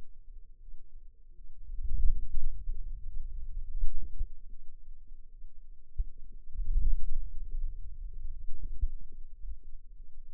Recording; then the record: forearm muscle sounds (acoustic myography)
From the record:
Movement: wrist extension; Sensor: system 2, bracelet of six BSWA MPA416 microphones around the upper forearm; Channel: 6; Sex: female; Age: 23 years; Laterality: right